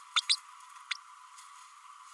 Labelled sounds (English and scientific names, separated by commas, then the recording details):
Green-rumped Parrotlet (Forpus passerinus) babbling
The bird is a female
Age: 32 days
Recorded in a nest box in Venezuela
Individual 17B32A7